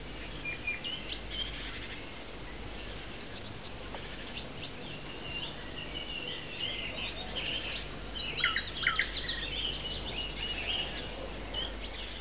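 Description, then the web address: Bird calls: many high chirps and twitters, busiest in the later part, over a low steady rumble throughout. "syrus oiseau local"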